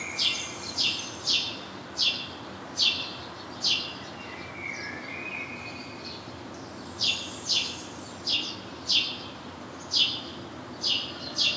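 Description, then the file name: House sparrow calls as repeated bright, clipped chirps, pausing briefly in the middle while a faint, thin whistle sounds, then resuming. "Passer domesticus"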